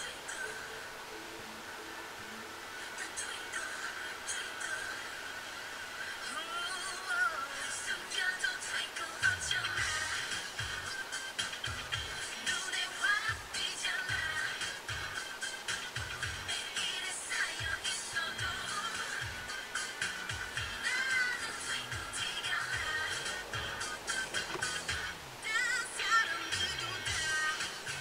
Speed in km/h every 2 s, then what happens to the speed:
4, 5, 5, 5, 5, 6, 6, 6, 6, 6, 6, 11, 13, 13.
0-20 steady at about 6. 20-23 speeds up to 13.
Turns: none.